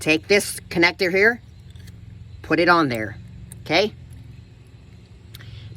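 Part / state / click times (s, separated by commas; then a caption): electrical connector onto throttle body / seated / 5.3 s. A second plastic electrical connector is placed on the throttle body and pushed until its locking tab engages. Someone talks at the start, then after a quieter stretch one clear, sharp click sounds at 5.4 seconds as the connector seats.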